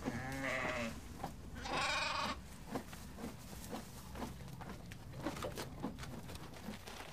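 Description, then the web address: Sheep and horse: sheep giving two quavering bleats early on, followed by steady crunching and chewing sounds. "le belement des moutons le machonnement des chevaux le reniflement des chevaux"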